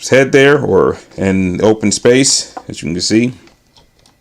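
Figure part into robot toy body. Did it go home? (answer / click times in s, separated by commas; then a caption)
yes / 3.8 s, 4.1 s. Someone talks while a plastic part, apparently the head, of a transforming robot figure is pressed into its socket on the robot toy body. After the talking stops, short tick-like clicks are heard at 3.8 s and 4.1 s as the part pops into place and seats.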